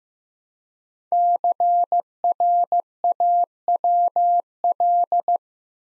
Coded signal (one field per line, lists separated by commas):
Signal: Morse code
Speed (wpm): 15 wpm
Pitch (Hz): 700 Hz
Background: none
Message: CRAWL